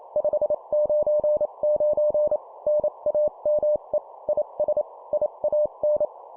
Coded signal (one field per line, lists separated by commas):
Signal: Morse code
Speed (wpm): 28 wpm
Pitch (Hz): 600 Hz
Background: none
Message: 599 NAME IS IAN